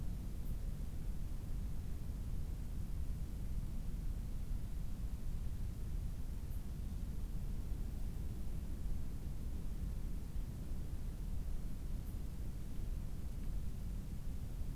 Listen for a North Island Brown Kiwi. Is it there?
no